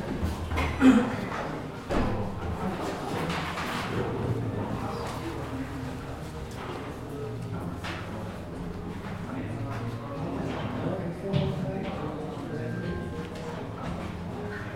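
Sitting in a café: a steady murmur of voices runs throughout, with indistinct talking rising and falling. Clinks and thuds punctuate it, sharpest near the start and around eleven seconds, and a brief high tone sounds near twelve seconds.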